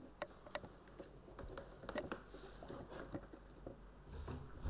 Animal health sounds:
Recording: poultry house recording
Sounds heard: no chicken sound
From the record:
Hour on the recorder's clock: 20

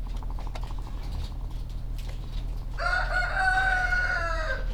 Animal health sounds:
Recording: poultry house recording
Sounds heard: sick chickens (respiratory disease)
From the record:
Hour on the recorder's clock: 17

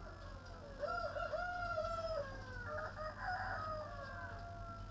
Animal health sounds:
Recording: poultry house recording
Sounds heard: healthy chickens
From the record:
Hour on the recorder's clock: 11

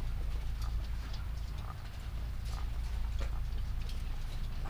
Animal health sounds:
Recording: poultry house recording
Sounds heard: sick chickens (respiratory disease)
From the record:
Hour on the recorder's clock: 21

